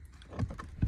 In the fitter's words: Yeah, and after you get the seat lined up properly, you just press it down till you hear that click.